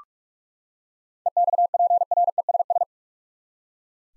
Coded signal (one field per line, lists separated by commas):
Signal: Morse code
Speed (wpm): 42 wpm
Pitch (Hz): 700 Hz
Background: none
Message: EXPRESS